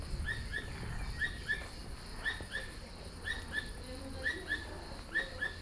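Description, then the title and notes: Asian squirrel calling with clipped, bright chirps in doubled bursts, repeated against soft low background noise. Asian squirrel at Vallauris, France; recorded with a Sony PCM-M10 portable recorder and binaural microphones. "un écureuil asiatique au loin. Vallauris, France"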